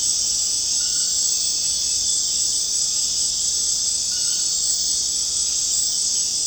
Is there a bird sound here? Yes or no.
no